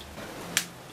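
A rubber spark plug lead cap is pushed down onto the terminal of a lawnmower spark plug and gives one short, sharp click at 0.6 s over a quiet background. The cap clicks on and seats, making a definite connection.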